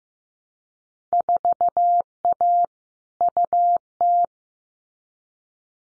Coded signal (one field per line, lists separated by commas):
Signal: Morse code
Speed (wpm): 15 wpm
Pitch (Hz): 700 Hz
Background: none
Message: 4A UT